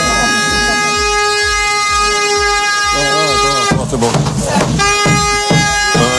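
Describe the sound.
A loud air horn, blasted as a test to see if it works while a trade union prepares its back-to-school meeting, blares in one long, steady, brassy tone for several seconds, while voices start talking over it partway through.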